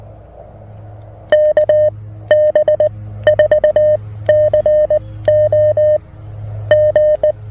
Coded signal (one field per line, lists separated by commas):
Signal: Morse code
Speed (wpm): 19 wpm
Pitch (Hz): 610 Hz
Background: none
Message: KB4COG